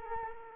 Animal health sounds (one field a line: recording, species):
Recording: mosquito wingbeat signal from an infrared sensor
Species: Culex quinquefasciatus